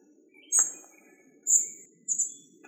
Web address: Muscicapa striata